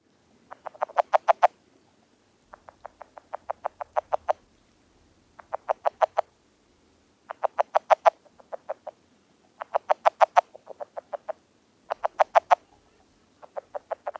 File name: northern red-legged frog